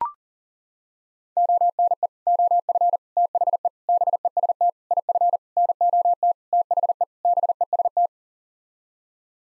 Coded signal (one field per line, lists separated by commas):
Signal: Morse code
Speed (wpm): 37 wpm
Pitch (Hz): 700 Hz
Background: none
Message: ONE OF THE BEST IF NOT THE BEST